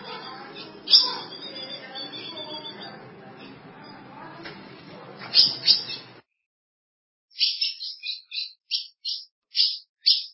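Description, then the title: Ultramarine grosbeak song, a run of clear, sharp notes given in quick succession, some dropping in pitch, after a noisy stretch with a few louder notes. "Azulao"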